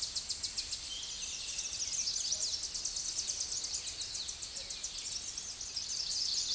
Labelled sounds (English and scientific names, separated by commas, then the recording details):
Tennessee Warbler (Leiothlypis peregrina) song
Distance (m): 30 m
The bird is about level with the microphone
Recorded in a Pennsylvania forest on 16 May 2024 at 08:28
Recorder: AudioMoth, point MSD-1401
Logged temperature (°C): 16.4 °C
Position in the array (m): 76 m, 199 m